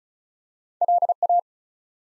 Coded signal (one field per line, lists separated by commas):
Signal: Morse code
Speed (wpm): 36 wpm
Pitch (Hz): 700 Hz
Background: none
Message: LA